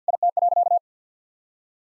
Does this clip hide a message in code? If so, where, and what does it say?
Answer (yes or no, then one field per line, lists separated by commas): yes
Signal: Morse code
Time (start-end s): 0.1-0.8 s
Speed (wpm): 50 wpm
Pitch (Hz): 700 Hz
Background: none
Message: IT.